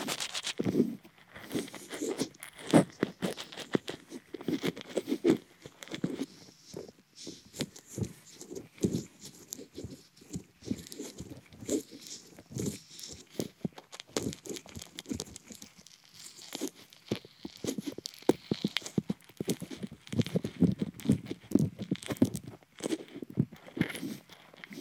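Ear tickling with dense crinkling, rustling and soft tapping that clicks and patters irregularly throughout.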